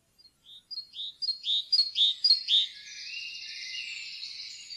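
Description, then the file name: Great tit calls: a few short chips quickening into a series, then a long harsh buzzy churr that runs on to the end. "kjoettmeis"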